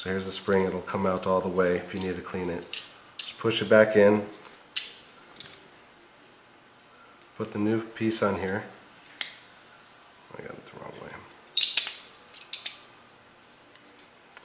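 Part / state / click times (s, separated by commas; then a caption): finger grip extension onto a pistol magazine base / not seated / none. Someone talks while handling a Ruger LCP pistol magazine, pulling its spring all the way out and pushing it back in, then holding the new plastic finger grip extension the wrong way at first before fitting it onto the magazine base. Sharp plastic and metal clicks and taps punctuate the handling between stretches of talk. Nothing has seated or clicked into place yet.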